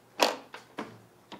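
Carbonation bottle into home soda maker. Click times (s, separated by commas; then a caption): 0.2 s. A plastic carbonation bottle is slid up into the nozzle holder of a home soda maker and locks into place, with a sharp click at 0.2 s. Three quieter clicks or knocks follow at about 0.5, 0.8 and 1.3 s. The bottle is seated.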